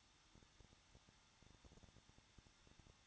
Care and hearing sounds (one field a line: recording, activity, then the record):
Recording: daily activity, microphone in the room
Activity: no activity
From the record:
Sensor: 3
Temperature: 21.2 degrees Celsius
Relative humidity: 36.4%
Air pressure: 1006.4 hPa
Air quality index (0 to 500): 223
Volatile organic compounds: 42 ppm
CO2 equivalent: 3186 ppm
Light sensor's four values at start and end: 2/3/2/2 and 2/3/2/2